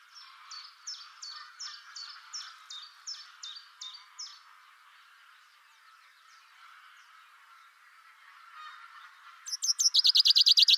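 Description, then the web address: Bird calls: a series of high, down-slurred notes repeated evenly, a quieter pause, then a loud, rapid trill at the end. "cianscape birddata Deverinetal 2025 Bird Only Fr Co"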